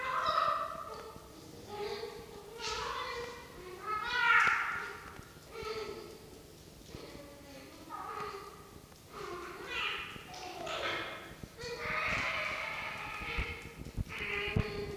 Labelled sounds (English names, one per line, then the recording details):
Red Fox
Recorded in captivity
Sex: group
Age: adult
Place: Zoologisches Institut der HUB, Berlin, DE
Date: 1953-02-06 18:35
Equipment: Elmetra
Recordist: Tembrock, Günter